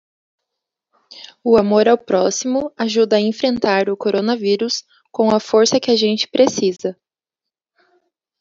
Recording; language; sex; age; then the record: spoken sentence; Brazilian Portuguese; female; 20 to 29 years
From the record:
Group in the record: control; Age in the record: 27 years